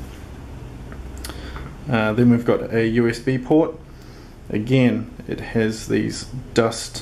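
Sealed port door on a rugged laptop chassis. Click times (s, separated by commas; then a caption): 1.2 s. A rubber-gasketed, water-sealed port door on a Panasonic Toughbook CF-30 rugged laptop is pressed closed and clicks back into place with a short, sharp click at 1.2 seconds. Fainter ticks come just before and after the click, and then someone talks.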